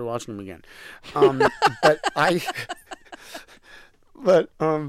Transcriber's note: laughter